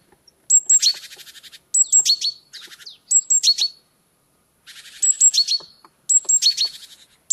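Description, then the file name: Great tit calling: a thin high note dropping into a short buzzy, rattling churr, given in several quick bursts with brief pauses between. "Parus major"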